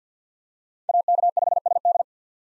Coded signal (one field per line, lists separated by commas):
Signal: Morse code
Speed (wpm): 50 wpm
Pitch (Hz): 700 Hz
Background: none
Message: AK5SD